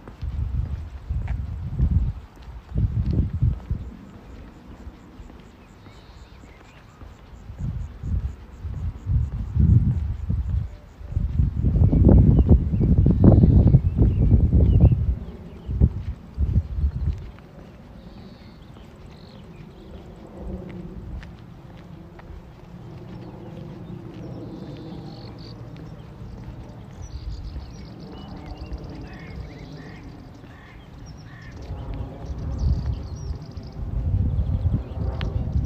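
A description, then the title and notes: Walking outdoors in Modiin, Israel, with heavy low thumps and rustling in the first half, loudest around eleven to fifteen seconds. After that the sound settles into a quieter steady murmur with faint voices and a few high chirps, then more thumping near the end. City Park Sounds. Walking In Modiin, Israel.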